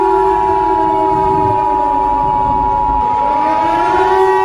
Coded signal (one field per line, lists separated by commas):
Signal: Emergency Alert System (SAME) tones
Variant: 853 and 960 Hz attention tone